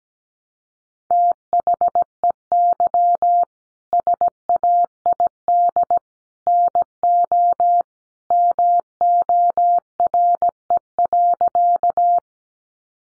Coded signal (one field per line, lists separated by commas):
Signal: Morse code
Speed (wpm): 17 wpm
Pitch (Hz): 700 Hz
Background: none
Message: THEY SAID NO MORE.